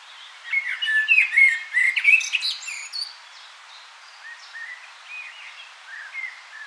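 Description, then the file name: Common blackbird song: a loud run of fluted warbles mixed with high squeaky twitters, then quieter, scattered mellow notes. "Turdus merula"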